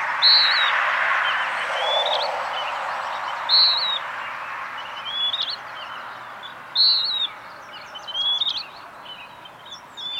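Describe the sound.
Birdsong of clear high whistled phrases every few seconds, with scattered thin chirps between them and a steady rushing noise underneath, strongest at the start.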